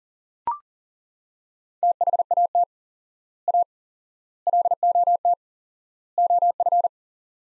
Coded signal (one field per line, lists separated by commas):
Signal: Morse code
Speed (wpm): 37 wpm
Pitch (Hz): 700 Hz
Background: none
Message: THAT A LOT OF